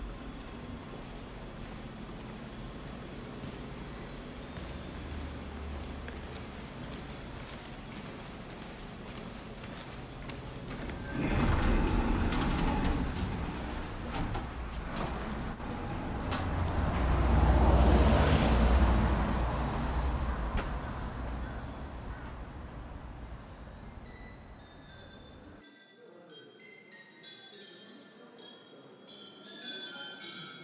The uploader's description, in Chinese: 韓國首爾（서울）